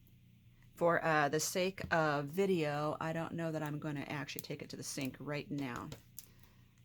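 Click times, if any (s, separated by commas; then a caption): 6.2 s. Someone talks while a cleaned plastic cap piece is pushed back into place on a glue applicator bottle. A sharp snap is heard at 6.2 s as the cap seats. A clump of dried glue dug out of the cap had been keeping it from staying on.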